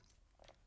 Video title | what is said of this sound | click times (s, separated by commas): Certina DS Action Diver 4K Watch Review | then you can close it up on wrist by pushing it in it clicks in with a positive click on | 0.1 s, 0.5 s